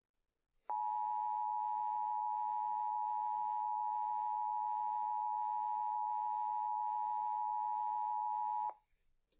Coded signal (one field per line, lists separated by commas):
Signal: Emergency Alert System (SAME) tones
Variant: 853 and 960 Hz attention tone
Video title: How Weather Radios Work, S.A.M.E. NWS Technology EAS Weather Alert